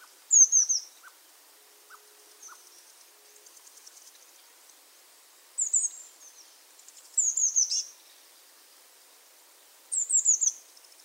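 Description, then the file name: Eurasian blue tit calls: brisk clusters of high-pitched, slurred descending notes, four bursts spread throughout, with faint ticking sounds between them. "Cyanistes caeruleus"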